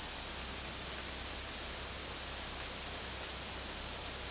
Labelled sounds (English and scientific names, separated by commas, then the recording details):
none
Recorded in dense forest near Puerto Asís, Putumayo, Colombia, on 20 February 2024 at 16:00
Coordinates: 0.485, -76.318
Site G6408